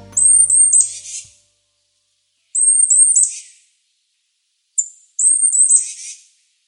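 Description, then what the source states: Titmouse calls: three bouts of thin, very high notes, each ending in a harsher, buzzy burst, a couple of seconds apart. Calls frequently while foraging through forest; call described as high-pitched, nasal and chickadee-like.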